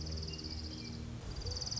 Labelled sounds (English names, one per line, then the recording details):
Orange-crowned Warbler
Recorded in Sonoma County, California